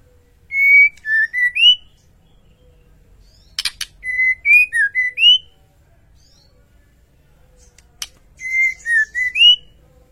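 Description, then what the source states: White-rumped shama singing clear whistled phrases of rising and falling notes in three bursts, separated by sharp snapping clicks and short pauses. Masteran training track for cage birds; full song in the ngerol (rolling) and nembak (shooting) styles.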